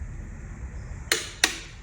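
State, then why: Torque reached. A torque wrench with a hex bit tightens a rear wheel bolt on the hub of a BMW R NineT motorcycle, with the bit fully inserted in the bolt before pressure is applied. Over a low background rumble, two sharp, bright clicks ring out at 1.1 s and 1.4 s as the wrench reaches its set torque. The clicks mean the bolt is at torque and tightening should stop there because the job is done.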